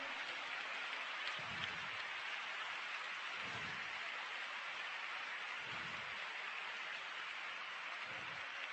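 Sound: audience applause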